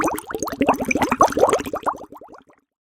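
A quick run of about twenty short, bubbly gurgles with small rising pops over roughly two seconds, fading away toward the end. These are bowel sounds from an adult's stomach rumbling, a mild, ordinary hunger-related gurgle.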